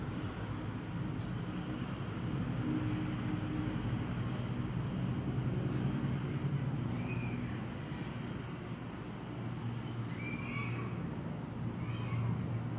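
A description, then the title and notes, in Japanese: Ambient sound from a home window: a steady low hum and rumble, with a few faint clicks and short chirping calls after seven seconds. 私の家の窓辺から録音した環境音。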